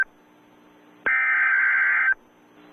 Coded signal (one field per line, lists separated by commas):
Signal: Emergency Alert System (SAME) tones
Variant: header bursts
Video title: Nosey Escaped - EAS Alert in Pensacola, FL